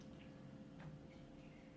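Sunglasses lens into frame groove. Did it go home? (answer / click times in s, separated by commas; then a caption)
no / none. A replacement lens for Oakley Juliet sunglasses is being handled, with one side inserted into the frame grooves and lined up on the far side before it is pushed in to seat. The clip is quiet and steady with a low hum and a faint tick near 0.8 s. Nothing has seated or clicked yet.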